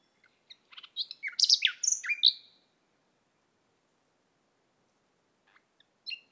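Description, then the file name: Common nightingale song: one dense phrase of varied whistles, slurred notes and chirps lasting about two seconds, then quiet with a few faint notes. "Luscinia megarhynchos"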